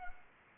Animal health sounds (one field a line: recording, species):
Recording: mosquito wingbeat signal from an infrared sensor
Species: Anopheles arabiensis